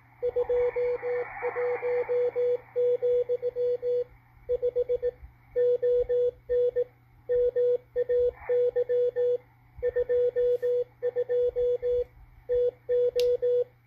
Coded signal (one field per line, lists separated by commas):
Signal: Morse code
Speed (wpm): 18 wpm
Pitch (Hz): 490 Hz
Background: radio noise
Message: 21, 5 ON MAY 22 TO